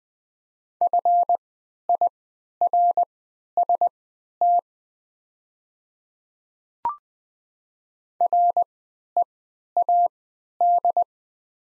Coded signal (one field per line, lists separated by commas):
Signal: Morse code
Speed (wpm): 21 wpm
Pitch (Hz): 700 Hz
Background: none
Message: FIRST READ